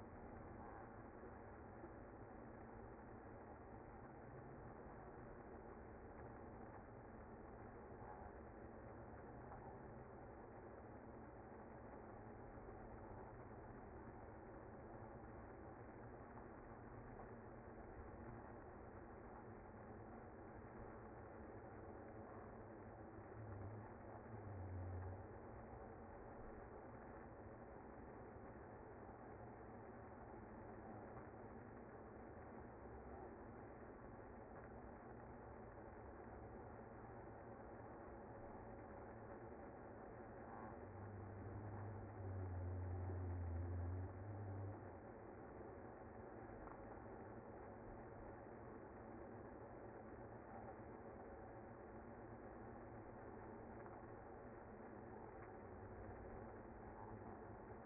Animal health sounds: honeybee colony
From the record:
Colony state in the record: active

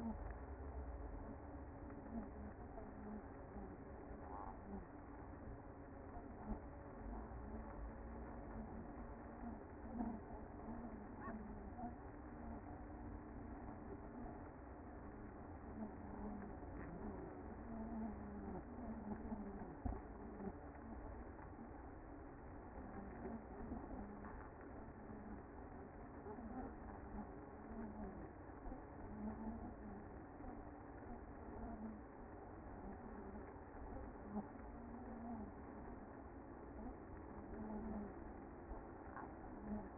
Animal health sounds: honeybee colony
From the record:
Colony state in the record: active

